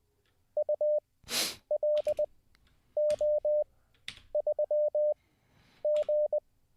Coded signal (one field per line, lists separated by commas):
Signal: Morse code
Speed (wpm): 20 wpm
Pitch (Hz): 600 Hz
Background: none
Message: ULO3G